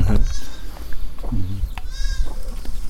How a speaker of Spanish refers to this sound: Ahí vinieron las ovejas. Sí. Que estaban faltando. Juntan llegan.